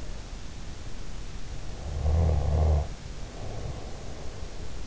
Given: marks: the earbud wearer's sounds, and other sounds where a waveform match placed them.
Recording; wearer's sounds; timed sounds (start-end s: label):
sounds in sleep by an in-ear microphone; snoring breath
1.84-4.37 s: snoring breath